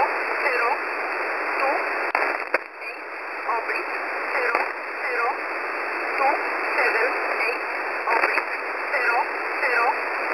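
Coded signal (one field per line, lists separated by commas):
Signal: numbers station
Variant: E11 Oblique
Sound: short spoken words at a steady pace, about one per second, through hissy shortwave static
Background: radio static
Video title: E11 Oblique 13/07/2023 0930 UTC 6923kHz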